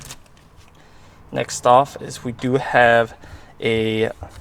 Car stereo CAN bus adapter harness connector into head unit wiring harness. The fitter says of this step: so we plug it in right here make sure you hear a nice satisfying click